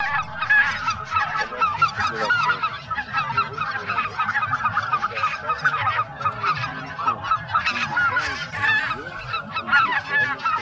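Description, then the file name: Greater white-fronted goose flock in full chorus, continuous babble of high yelping honks overlapping throughout, surging louder in places. Flock chorus, recorded for an electronic hunting caller. "Белолобый базар"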